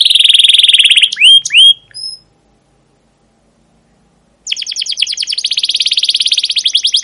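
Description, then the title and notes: Canary song: a fast trill, rising chirps and a short high note, then a pause of two seconds before a new rapid buzzy trill starts. Long chirping 'cuit cuit' rolling song, used to stimulate canaries and as a tutor recording for young canaries learning sounds. "CUIT CUIT NGEROL LANGSUNG GACOR PANJANG Kenari Ini Utk Pancingan KENAR. PANCINGAN Kenari GACOR PANJANG Cuit CUIT EMOSI ini utk MASTERAN Kenari PAUD belajar BUNYI. burung kenari"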